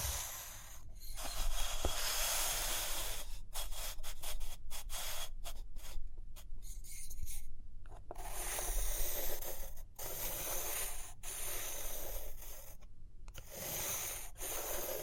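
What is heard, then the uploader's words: Pencil scratching across paper in dense, uneven strokes with frequent short pauses, plus a faint low rumble and a sharp tap near two seconds. Page Turning and Tapping, Writing, Drawing.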